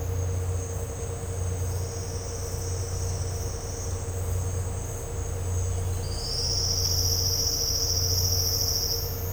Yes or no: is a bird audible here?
no